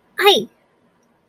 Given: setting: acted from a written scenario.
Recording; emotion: vocal sound without words; pain